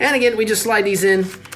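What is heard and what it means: A detachable game controller is being slid down the side rail of a handheld game console while someone talks throughout. The clip ends before the controller locks, so nothing has seated or clicked yet.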